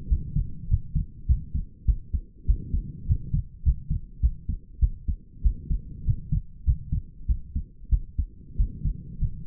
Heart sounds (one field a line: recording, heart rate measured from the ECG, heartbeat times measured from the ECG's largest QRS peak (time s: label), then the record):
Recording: heart sounds by stethoscope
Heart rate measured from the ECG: 99 bpm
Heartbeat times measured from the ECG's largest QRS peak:
0.08 s: heartbeat
0.68 s: heartbeat
1.27 s: heartbeat
1.86 s: heartbeat
2.46 s: heartbeat
3.07 s: heartbeat
3.63 s: heartbeat
4.21 s: heartbeat
4.80 s: heartbeat
5.42 s: heartbeat
6.04 s: heartbeat
6.64 s: heartbeat
7.26 s: heartbeat
7.89 s: heartbeat
8.56 s: heartbeat
9.18 s: heartbeat
From the record:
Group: healthy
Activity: rest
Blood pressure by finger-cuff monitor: 88/59 mmHg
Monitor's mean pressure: 69 mmHg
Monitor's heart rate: 100 bpm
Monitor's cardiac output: 7.7 L/min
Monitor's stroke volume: 77 mL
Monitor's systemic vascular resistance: 640 dyn s/cm5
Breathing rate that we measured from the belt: 21 breaths a minute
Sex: female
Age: 19 years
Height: 163 cm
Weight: 48.9 kg